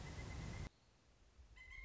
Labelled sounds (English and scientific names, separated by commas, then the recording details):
Pileated Woodpecker (Dryocopus pileatus)
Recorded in Sonoma County, California